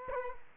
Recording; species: mosquito wingbeat signal from an infrared sensor; Culex quinquefasciatus